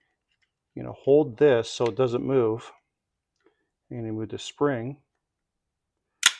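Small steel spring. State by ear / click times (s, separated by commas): seated / 6.3 s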